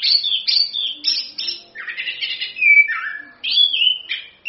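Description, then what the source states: Orange-headed thrush song: loud whistled phrases, some sliding down, mixed with scratchy notes in a steady, continuous flow. Used as a lure recording to prompt a kept bird to sing; song described as continuous, lively singing.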